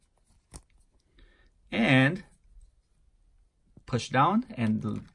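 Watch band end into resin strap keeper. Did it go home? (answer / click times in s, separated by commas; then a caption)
no / none. The band end of a Casio G-Shock GBD800 step tracker watch is being put through and pushed down into its resin (plastic) strap keeper, which locks in place from the pressure of the wrist lifting up inside the band. Someone talks while a single faint tap is heard near 0.6 s among small handling noises. Nothing has seated or clicked yet.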